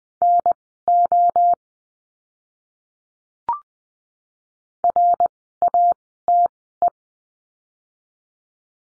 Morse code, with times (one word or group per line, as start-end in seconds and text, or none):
0.2-1.5 NO
4.8-6.9 RATE